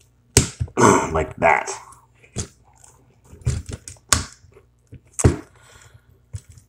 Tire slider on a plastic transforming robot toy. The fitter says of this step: you want to make sure that these get slid out all the way and they will click in the place solidly like that